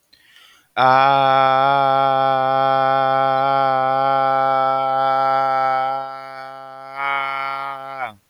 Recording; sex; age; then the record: vowel held as long as possible; male; 30 to 39 years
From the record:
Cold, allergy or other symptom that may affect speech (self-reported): no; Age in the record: 32 years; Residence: Florida, United States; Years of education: 16